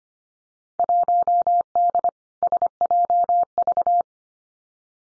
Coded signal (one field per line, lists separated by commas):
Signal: Morse code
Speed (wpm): 25 wpm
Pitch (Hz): 700 Hz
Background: none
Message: 1D SJV